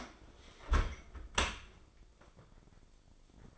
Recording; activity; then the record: daily activity, microphone in the room; close dishwasher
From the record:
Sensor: 5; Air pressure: 995.9 hPa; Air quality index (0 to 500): 104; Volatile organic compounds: 7 ppm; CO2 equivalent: 2010 ppm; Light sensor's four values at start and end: 43/102/42/45 and 43/101/42/45